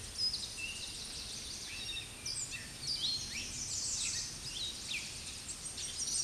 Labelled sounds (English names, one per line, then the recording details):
American Redstart song
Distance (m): 25 m
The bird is about 5 m above the microphone
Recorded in a Pennsylvania forest on 16 May 2024 at 07:40
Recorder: AudioMoth, point MSD-2367
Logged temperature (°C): 16.0 °C
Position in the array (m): 116 m, 230 m